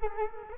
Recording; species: mosquito wingbeat signal from an infrared sensor; Culex quinquefasciatus